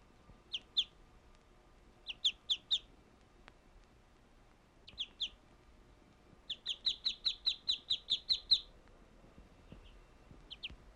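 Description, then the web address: Bird producing scattered pairs and short strings of high chirps and one longer even run, with faint background noise. "Звуки природы - птицы"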